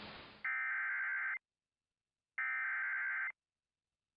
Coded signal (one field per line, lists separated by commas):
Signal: Emergency Alert System (SAME) tones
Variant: header bursts